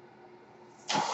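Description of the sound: A soft steady mechanical hum, then a sudden loud airy whoosh: a home mechanical ventilator delivering a breath.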